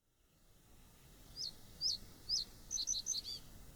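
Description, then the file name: Common reed bunting singing one brief phrase: three separate sharp, falling notes, then a fast run of short tinkling notes to finish. "Potrzos"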